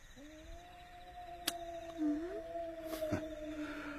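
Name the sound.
wolf howling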